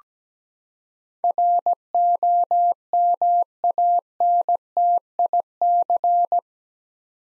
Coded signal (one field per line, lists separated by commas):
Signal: Morse code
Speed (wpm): 17 wpm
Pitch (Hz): 700 Hz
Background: none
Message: ROMANTIC